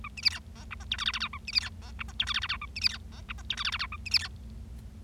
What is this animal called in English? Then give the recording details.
Bengalese Finch. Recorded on 25 March 2012 at 15:17. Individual gy6or6